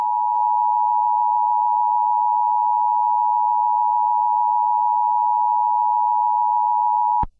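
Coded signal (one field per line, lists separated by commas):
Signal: Emergency Alert System (SAME) tones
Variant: 853 and 960 Hz attention tone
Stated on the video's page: Fictional EAS scenario, not a real alert.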